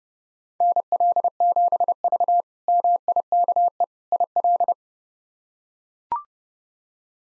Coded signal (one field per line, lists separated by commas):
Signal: Morse code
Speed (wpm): 32 wpm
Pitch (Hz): 700 Hz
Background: none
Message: NL7V MIKE IL